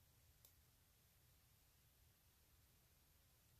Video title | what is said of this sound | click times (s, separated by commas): Bohemian Vintage Shabby Tassels PART 1 of 2 | and i don't think you can hear it but once you hear that little click you know that it's closed | 0.5 s